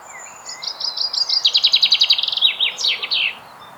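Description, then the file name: Common chaffinch song, loud and clear: a fast run of notes stepping downward into a rattle, then a final twisting flourish. "Fringilla coelebs"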